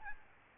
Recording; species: mosquito wingbeat signal from an infrared sensor; Aedes albopictus